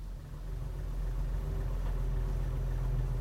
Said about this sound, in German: Ich sitze im Auto. Der Motor läuft leise.